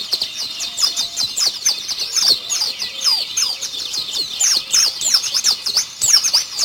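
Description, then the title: White-eye song: an unbroken stream of rapid, high, sweet twitters and slurred chirps delivered at a busy, even pace. White-eye (pleci) called Mr. Kebo; Malang, East Java. "Pleci Mr. Kebo Malang - Jawa Timur"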